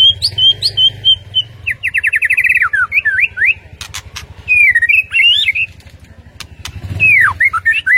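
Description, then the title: White-rumped shama warbling whistles mixed with a rapid trill, twisting whistled phrases and sharp clicking notes. Masteran training track for songbirds, featuring full 'ngerol' (rolling) and 'nembak' (shooting) song styles. "Masteran Murai Batu Full Ngerol Nembak"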